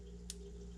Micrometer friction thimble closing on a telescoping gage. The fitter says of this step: so I'm gonna turn it until it clicks when it clicks that's enough friction to make the measurement